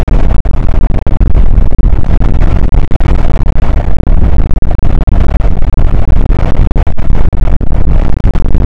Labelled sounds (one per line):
wind